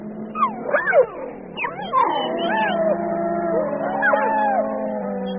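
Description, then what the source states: Cheetahs squabbling give sharp yelps, followed by long wavering whines and moaning yowls. Five cheetahs battling with tooth and claw over a reedbuck carcass, each fighting for his share of the kill.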